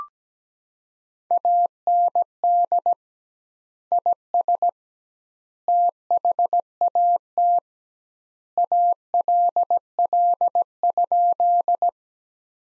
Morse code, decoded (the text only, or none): AND IS THAT ALL?